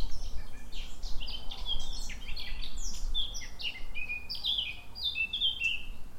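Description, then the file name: Eurasian blackcap song, a rapid, busy warble of scratchy chirps and brighter whistled notes, continuous throughout, against a soft low background rumble. "Sylvia atricapilla"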